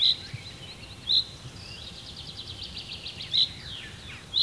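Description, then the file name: Common chaffinch uttering four short, piercing high notes at uneven intervals, with a quieter trill between them. "Fringilla coelebs"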